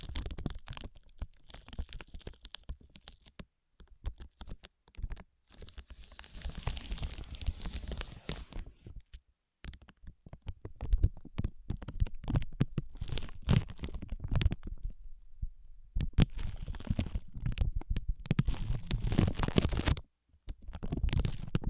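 Ear massage and cleaning sounds: dense, irregular rubbing, crinkling and scratchy brushing with soft low thumps underneath. Activity comes in bursts of a few seconds, broken by short full silences, notably around 4, 9, 15 and 20 seconds.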